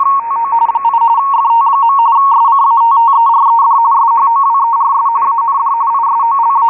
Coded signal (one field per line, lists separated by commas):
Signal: RTTY